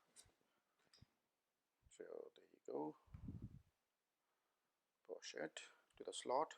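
Someone talks while the second SO-DIMM memory module is lined up in the upper RAM slot of a 2010 13-inch MacBook Pro, positioned before being pushed down to latch. Small handling taps come at about 2.0, 2.1, 2.2, 2.4 and 5.1 seconds. Nothing has seated or clicked yet.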